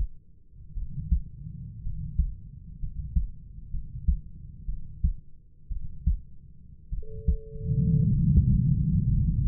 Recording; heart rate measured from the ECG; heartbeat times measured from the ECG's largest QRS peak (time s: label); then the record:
heart sounds by stethoscope; 58 bpm
0.74 s: heartbeat
1.83 s: heartbeat
2.80 s: heartbeat
3.71 s: heartbeat
4.66 s: heartbeat
5.69 s: heartbeat
6.90 s: heartbeat
8.14 s: heartbeat
9.07 s: heartbeat
From the record:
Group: healthy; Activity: rest 0-8 s, Valsalva maneuver 8-10 s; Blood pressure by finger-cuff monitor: 111/58 mmHg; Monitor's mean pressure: 71 mmHg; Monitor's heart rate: 55 bpm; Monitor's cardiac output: 5.1 L/min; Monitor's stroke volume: 90 mL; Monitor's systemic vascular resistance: 970 dyn s/cm5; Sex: male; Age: 25 years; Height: 170 cm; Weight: 70.4 kg